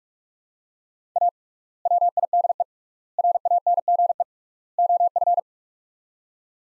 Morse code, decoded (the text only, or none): A WIDE RANGE OF